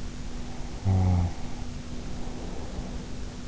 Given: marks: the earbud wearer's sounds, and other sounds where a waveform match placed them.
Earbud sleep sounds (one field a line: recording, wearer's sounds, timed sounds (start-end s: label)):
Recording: sounds in sleep by an in-ear microphone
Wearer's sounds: snoring breath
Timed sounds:
0.32-3.40 s: snoring breath